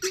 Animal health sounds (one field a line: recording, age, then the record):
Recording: pig call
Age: weaner (32 to 43 days)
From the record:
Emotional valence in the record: negative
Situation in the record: long isolation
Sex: female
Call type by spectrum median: high-frequency call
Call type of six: high-frequency stable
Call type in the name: high-frequency stable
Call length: 0.12 s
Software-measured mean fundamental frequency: 439 Hz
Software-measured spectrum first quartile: 558 Hz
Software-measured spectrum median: 2313 Hz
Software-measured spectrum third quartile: 5378 Hz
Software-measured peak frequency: 369 Hz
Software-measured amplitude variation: 129 dB a second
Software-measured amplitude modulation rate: 4.3 a second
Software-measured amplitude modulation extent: 29.9 dB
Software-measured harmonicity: 5.6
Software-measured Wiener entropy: -2.14